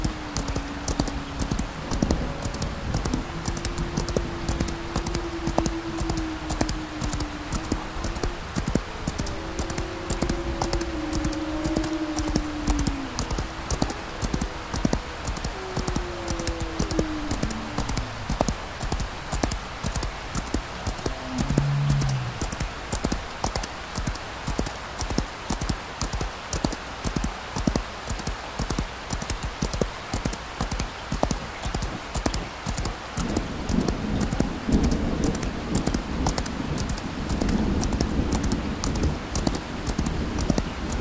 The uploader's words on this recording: Horseback Ride Thunder Light Rain. A late night horse ride a storm in the distance, deep rolling thunder.